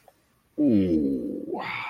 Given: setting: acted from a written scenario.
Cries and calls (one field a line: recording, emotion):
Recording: vocal sound without words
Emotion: desire